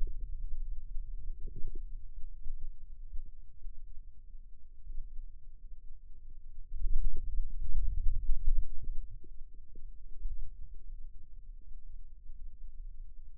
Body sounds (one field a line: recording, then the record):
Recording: forearm muscle sounds (acoustic myography)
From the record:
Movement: radial deviation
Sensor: system 2, bracelet of six BSWA MPA416 microphones around the upper forearm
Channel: 5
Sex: male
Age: 22 years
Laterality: right